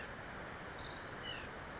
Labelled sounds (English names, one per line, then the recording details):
White-breasted Nuthatch
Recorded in Sonoma County, California